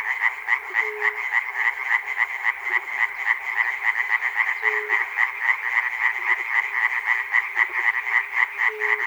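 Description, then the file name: Frogs in full chorus, rapid croaks about four per second, with brief low hum-like notes recurring every few seconds. Frogs recorded at Chernobyl. "peter cusack-chernobyl frogs"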